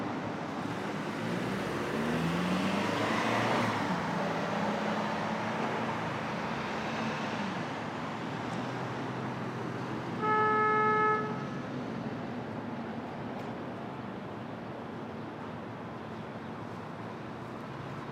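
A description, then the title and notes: Street traffic at dawn in Brooklyn, a steady low rumble of passing vehicles that swells and recedes. Around ten seconds a car horn sounds for about a second, clear above the wash. Otherwise the noise stays dense and continuous. Brooklyn Dawn, 4 - 17 - 20, Street Traffic II.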